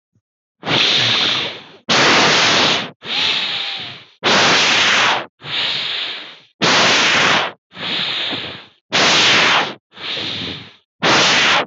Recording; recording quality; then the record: deep breathing; excellent, no background noise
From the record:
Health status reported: healthy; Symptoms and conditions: none ticked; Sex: male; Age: 19 years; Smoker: not ticked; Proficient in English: yes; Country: India